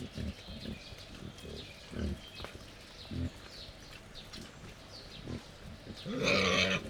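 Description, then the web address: Wild boar giving short low grunts at irregular intervals, ending in a loud, harsh squealing burst. Wild boar at a laid-out feeding table in a zoo at Jászberény, recorded 1 May 2015. "jaszberenyizoo 2015 professzionalis vaddiszno"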